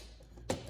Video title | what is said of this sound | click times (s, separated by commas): Sto N Sho Installed on our 2019 Dodge Challenger R/T Scat Pack Widebody | bracket locks in place overall | 0.5 s